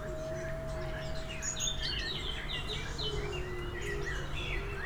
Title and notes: 922 Rte de L’Ia, 73310 Motz, France - oiseaux et grenouilles. Base de loisir de Motz chants d'oiseaux coassements de grenouilles